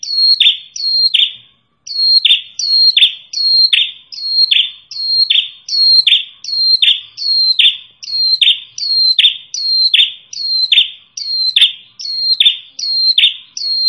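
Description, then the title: Prinia calling rapidly and persistently, many phrases in quick succession, each a sharp high whistle falling into a short buzz, with only short gaps. Red-headed prenjak lure sound used for trapping birds. "Suara Pikat Prenjak Kepala Merah Asli Merdu"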